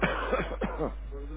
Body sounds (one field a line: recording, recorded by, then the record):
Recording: voluntary cough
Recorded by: telephone call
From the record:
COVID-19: negative